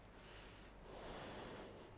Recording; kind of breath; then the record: one breath in and out by a microphone near the nose and mouth; deep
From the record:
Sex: female